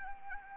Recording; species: mosquito wingbeat signal from an infrared sensor; Anopheles arabiensis